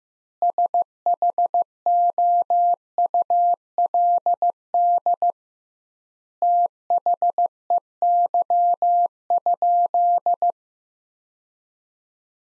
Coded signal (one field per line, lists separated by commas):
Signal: Morse code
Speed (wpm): 16 wpm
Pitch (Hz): 700 Hz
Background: none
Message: SHOULD THEY?